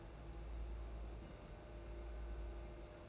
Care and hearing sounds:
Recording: daily activity, microphone in the room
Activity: place on stove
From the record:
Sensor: 2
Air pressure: 991.8 hPa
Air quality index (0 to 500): 233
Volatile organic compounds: 1000 ppm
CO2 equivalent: 7815 ppm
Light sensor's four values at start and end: 18/57/22/20 and 18/57/22/20

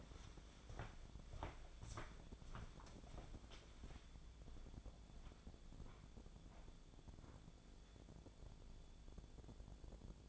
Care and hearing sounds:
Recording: daily activity, microphone in the room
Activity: walk to room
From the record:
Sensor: 5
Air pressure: 1000.0 hPa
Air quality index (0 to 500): 91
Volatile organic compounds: 1 ppm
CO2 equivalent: 747 ppm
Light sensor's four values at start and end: 516/1107/521/620 and 387/965/404/456

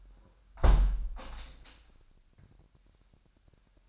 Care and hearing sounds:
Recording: daily activity, microphone in the room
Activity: close window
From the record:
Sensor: 2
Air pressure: 997.8 hPa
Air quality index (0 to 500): 133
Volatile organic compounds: 3 ppm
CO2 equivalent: 1500 ppm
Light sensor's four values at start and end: 11/31/13/12 and 11/32/13/12

